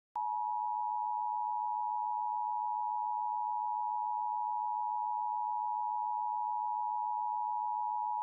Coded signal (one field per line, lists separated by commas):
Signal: Emergency Alert System (SAME) tones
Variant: 853 and 960 Hz attention tone